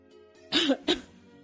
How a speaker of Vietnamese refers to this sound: Tiểu Hoàng ho khan, dương mắt nhìn Tư Đồ.